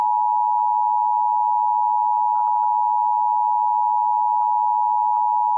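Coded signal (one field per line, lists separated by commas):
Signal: Emergency Alert System (SAME) tones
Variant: 853 and 960 Hz attention tone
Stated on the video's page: SAME tones in a fictional EAS scenario preview.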